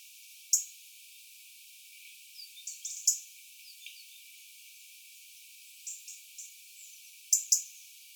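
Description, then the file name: European robin calls, isolated sharp ticks then a quick double tick near the end, with soft high notes between them. "Erithacus rubecula"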